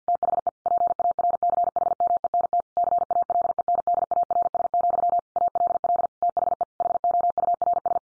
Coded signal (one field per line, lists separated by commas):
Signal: Morse code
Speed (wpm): 50 wpm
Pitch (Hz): 700 Hz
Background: none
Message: THE PARCHMENT CALENDARS, ALL THE HOURS